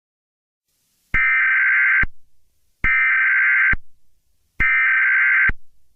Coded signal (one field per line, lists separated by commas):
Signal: Emergency Alert System (SAME) tones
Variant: header bursts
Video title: EAS Scenario #5: Laughing Jack Rampage of London.